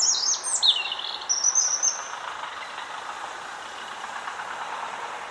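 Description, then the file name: European robin giving a quick burst of high, sliding whistles and trills in the first two seconds, then only steady background noise. "Erithacus rubecula"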